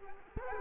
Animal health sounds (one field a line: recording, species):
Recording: mosquito wingbeat signal from an infrared sensor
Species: Culex quinquefasciatus